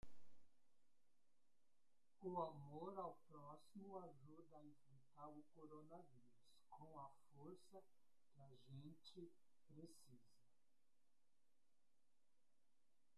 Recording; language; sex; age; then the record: spoken sentence; Brazilian Portuguese; male; 40 to 49 years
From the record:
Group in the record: control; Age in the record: 48 years